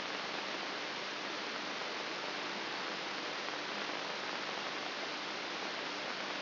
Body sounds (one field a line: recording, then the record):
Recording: brain microelectrode recording played as sound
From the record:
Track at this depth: inside the subthalamic nucleus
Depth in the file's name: 2.704 mm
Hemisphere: left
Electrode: 3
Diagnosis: Parkinson's disease